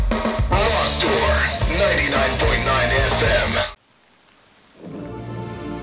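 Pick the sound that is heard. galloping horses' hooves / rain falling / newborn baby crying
rain falling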